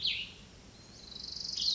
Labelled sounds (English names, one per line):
Cassin's Vireo